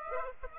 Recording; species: mosquito wingbeat signal from an infrared sensor; Aedes aegypti